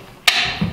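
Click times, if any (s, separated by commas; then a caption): 0.3 s. A leg of a Dewalt table saw stand is folded until it snaps into its locking position; the legs lock in both directions. A sharp, wood-block-like click at 0.3 s rings out with a bright tail, followed by a soft low thump near 0.6 s. The leg is seated and locked into place.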